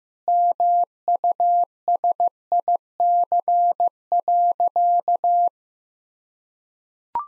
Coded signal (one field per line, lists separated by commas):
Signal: Morse code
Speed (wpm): 15 wpm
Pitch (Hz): 700 Hz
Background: none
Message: MUSIC.